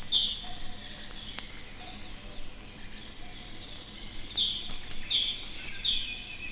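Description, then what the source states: Great tit calling with clear, high ringing notes, a brief flurry at the start, a quiet gap, then lively chirping returning in the second half. Several different calls of the species presented; voice described as very ringing, the bird as seldom silent.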